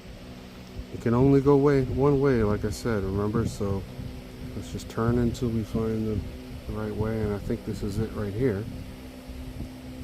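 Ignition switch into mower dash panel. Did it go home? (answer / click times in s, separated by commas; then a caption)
no / none. A keyed ignition switch for a John Deere mower, replaced because it was not working, is turned by hand to find the only orientation that fits the dash panel opening, just before it is pressed down. Someone talks over a steady low hum throughout. Nothing has seated or clicked yet.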